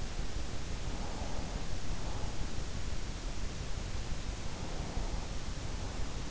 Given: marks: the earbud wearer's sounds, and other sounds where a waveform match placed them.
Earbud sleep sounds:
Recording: sounds in sleep by an in-ear microphone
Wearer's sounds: breath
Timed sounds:
0.83-2.70 s: breath
4.53-6.31 s: breath

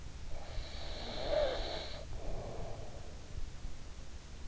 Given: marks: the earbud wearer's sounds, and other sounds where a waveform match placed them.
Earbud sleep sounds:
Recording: sounds in sleep by an in-ear microphone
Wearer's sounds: breath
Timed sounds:
0.31-3.27 s: breath

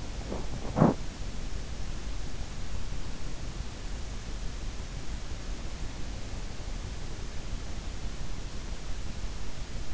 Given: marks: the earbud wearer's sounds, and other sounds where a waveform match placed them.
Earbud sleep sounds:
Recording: sounds in sleep by an in-ear microphone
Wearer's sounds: teeth grinding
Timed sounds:
0.00-1.23 s: teeth grinding

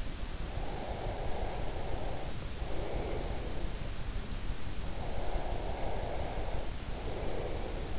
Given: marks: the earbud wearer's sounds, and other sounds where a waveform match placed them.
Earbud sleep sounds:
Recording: sounds in sleep by an in-ear microphone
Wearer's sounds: breath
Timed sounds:
0.51-3.65 s: breath
5.08-7.99 s: breath

